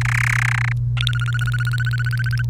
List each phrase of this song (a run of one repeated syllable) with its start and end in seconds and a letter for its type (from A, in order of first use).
0.01-0.72 A, 0.97-2.42 B